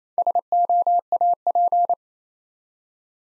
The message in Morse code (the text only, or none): SOAP